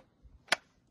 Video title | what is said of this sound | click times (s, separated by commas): Mercedes Touchpad Replacement | can hear it click and | 0.5 s